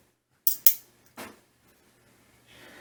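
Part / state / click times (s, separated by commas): razor cap screwed onto handle over blade / seated / 0.5 s, 0.7 s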